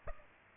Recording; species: mosquito wingbeat signal from an infrared sensor; Aedes aegypti